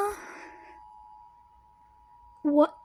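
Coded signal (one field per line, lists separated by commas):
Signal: Emergency Alert System (SAME) tones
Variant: 853 and 960 Hz attention tone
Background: speech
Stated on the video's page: Fictional EAS scenario; simulated alert.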